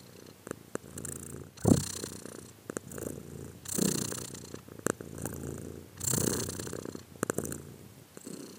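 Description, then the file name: Cat purr, low and grainy, pulsing with inhalations and exhalations in slow uneven swells, plus a few sharp clicks. "arseniiv cat-again"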